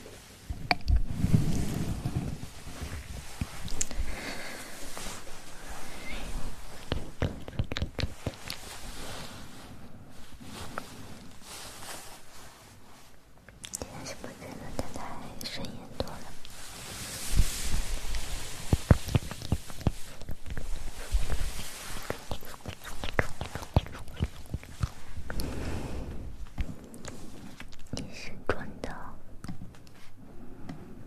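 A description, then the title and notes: Tingly mouth sounds, dense wet clicks and smacks crackling irregularly throughout, with louder bursts around seventeen and nineteen seconds. ASMR Tingly Mouth Sounds.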